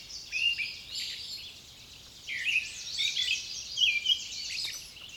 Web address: Nature Songs Nature Sounds Sounds of Nature Collection Songbirds